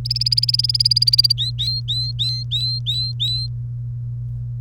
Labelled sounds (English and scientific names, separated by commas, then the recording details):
Domestic Canary (Serinus canaria) song
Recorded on 1 May 2018 at 15:25
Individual llb3